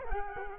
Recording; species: mosquito wingbeat signal from an infrared sensor; Culex quinquefasciatus